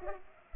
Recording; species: mosquito wingbeat signal from an infrared sensor; Culex pipiens